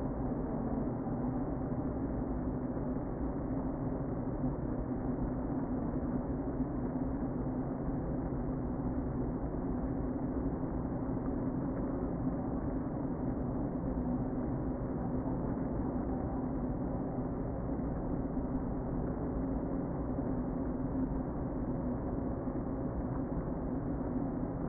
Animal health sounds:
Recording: honeybee colony, microphone inside the hive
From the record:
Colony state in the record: queen present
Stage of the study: before two queens were removed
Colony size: about 60,000 bees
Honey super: yes

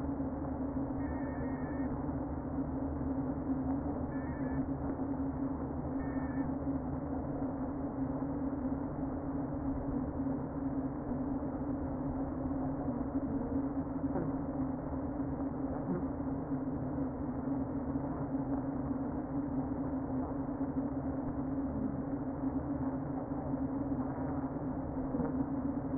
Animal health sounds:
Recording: honeybee colony, microphone inside the hive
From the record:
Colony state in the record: queen present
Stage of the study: before two queens were removed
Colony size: about 60,000 bees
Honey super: yes

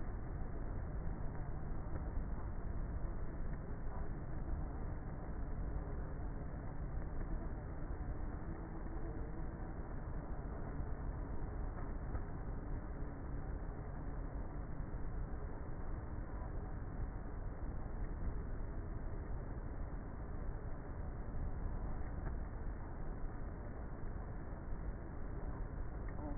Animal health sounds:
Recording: honeybee colony, microphone inside the hive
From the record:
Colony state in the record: queenless with a low population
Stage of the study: before two queens were removed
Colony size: about 30,000 bees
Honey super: no

